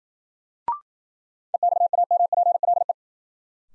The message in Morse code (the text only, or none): EXAMPLE